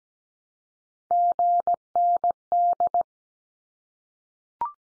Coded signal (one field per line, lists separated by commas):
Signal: Morse code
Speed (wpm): 17 wpm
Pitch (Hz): 700 Hz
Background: none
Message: GND